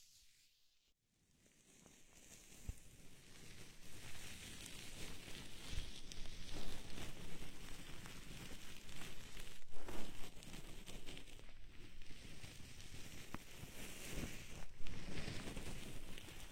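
Lace-gloved hands massage the ears: after a near-silent first second, dense, bright rustling and brushing builds and keeps shifting, with occasional soft scratchy peaks.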